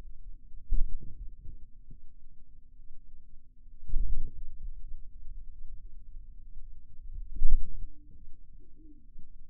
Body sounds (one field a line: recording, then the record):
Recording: forearm muscle sounds (acoustic myography)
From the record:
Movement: radial deviation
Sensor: system 2, bracelet of six BSWA MPA416 microphones around the upper forearm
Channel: 5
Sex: male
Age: 22 years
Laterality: right